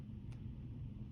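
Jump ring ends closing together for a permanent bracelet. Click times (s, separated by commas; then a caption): 0.3 s. A metal jump ring for a permanent bracelet is closed with pliers, its ends pushed slightly past each other and back so no gap remains. A small, faint click sounds at 0.3 s over a steady low rumble as the ends meet and seat together.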